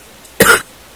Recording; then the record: coughing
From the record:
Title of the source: 30 Chesty and wet cough